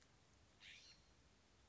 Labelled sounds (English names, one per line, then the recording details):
California Scrub-Jay
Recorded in Sonoma County, California